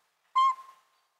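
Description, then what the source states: Northern Pygmy-Owl giving a single pure whistled hoot, level in pitch and brief, with a soft fading tail. Pint-sized rufous brown daytime owl, not much bigger than a pine cone, that preys on small birds and mammals; hooting.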